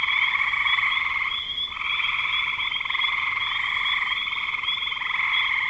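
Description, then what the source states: Steady frog chorus of pulsed trills in stacked pitch bands, nearly unbroken apart from one brief dip. Frogs recorded in spring 2025.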